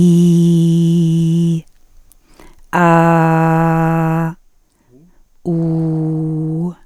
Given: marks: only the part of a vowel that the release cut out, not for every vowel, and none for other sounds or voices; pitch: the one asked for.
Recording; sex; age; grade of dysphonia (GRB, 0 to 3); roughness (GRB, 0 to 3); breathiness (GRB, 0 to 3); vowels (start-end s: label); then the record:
sustained vowels; female; 50 to 59 years; 0; 0; 0
0.00-1.41 s: vowel /i/, normal pitch
3.00-3.70 s: vowel /a/, normal pitch
5.54-6.56 s: vowel /u/, normal pitch
From the record:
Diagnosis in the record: psychogenic dysphonia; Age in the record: 53 years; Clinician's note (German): Leichte funktionelle Störung